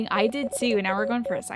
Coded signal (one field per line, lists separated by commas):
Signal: Morse code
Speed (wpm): 26 wpm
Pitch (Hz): 550 Hz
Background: speech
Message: THAT